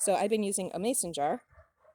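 A woman talks for most of the clip while a mason jar is being set over a fabric-covered upholstery button cover, used instead of bare hands, which bruised from pressing several covers. The cover's top shell is to be pressed into its back piece until the two metal halves snap together. Only faint, low handling sounds follow the speech; nothing has seated or clicked yet.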